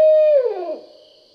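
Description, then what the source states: Barred owl giving a single loud, low hooting note that holds steady, then slurs downward and fades, over a constant high drone. Recorded 20 July 2012.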